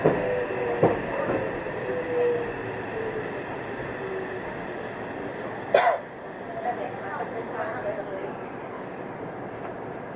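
A Yokohama Municipal Subway 3000R train runs with a steady rumbling roar, faint squeals, and a sharp clank near six seconds.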